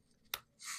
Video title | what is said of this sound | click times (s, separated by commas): How to Set Up & Use the UCI Mobile Podcast Kit - Demo with Bre & Hollywood 🎙️ | There we go. So now we're ready to we're ready to go. That's the magic click. That's the magic click. | 0.3 s